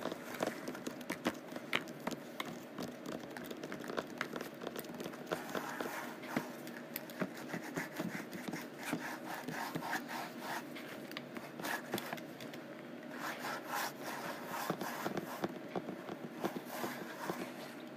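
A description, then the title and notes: Rough canvas is scratched and rubbed in a dense, continuous rasping texture that runs the full length without pause. Sharp taps and scrapes punctuate it irregularly, several per second, over a steady grainy hiss with a low, dull body beneath. ASMR Rough Canvass: Scratching and Tapping.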